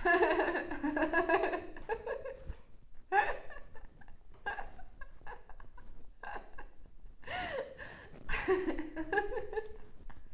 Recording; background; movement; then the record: laughter; quiet; sitting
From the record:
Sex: female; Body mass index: 18.3 kg/m2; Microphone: on the chest, facing outward